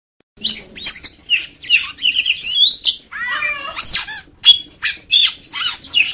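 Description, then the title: Magpie-robin song of varied whistles and harsh notes, including descending slurred notes midway, then sharp chirps. "Kacer"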